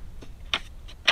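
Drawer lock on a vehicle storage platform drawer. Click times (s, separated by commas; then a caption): 0.5 s, 1.1 s. Drawer locks on a vehicle storage platform drawer are operated to unlock. Two sharp clicks are heard at 0.5 and 1.1 seconds as the locks click open and release.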